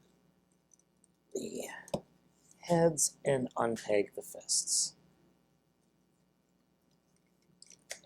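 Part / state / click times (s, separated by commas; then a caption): robot fists into the toy's arms / seated / 7.6 s, 7.9 s. Someone talks quietly while handling a transforming robot toy, then the plastic fists are slid down into the toy's arms. Two sharp clicks at 7.6 s and 7.9 s mark the fists seating in the arms.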